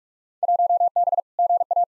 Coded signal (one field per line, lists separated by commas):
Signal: Morse code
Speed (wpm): 42 wpm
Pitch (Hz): 700 Hz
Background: none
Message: 1B GA